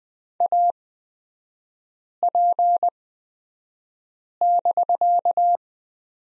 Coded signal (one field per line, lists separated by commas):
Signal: Morse code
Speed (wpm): 20 wpm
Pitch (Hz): 700 Hz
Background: none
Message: AP<BK>